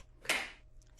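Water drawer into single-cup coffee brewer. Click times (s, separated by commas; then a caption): 0.3 s. A plastic water drawer is slid into the drawer guides of a BUNN My Café MCU single-cup coffee brewer until it latches. A sharp, bright click at 0.3 s rings briefly and decays, followed by a faint tick near 0.8 s. The drawer is seated.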